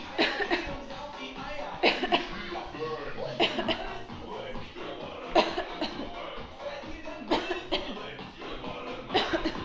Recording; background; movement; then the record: voluntary coughing; music; walking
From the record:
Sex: female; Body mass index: 18.3 kg/m2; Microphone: on the chest, facing outward